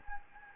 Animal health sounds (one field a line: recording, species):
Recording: mosquito wingbeat signal from an infrared sensor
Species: Anopheles gambiae